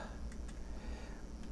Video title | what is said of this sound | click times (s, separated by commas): Master Made SDT-02 DIABOLUS REX | ah there got it snapped into place that actually worked a lot better you have to get this little piece | 0.3 s, 0.5 s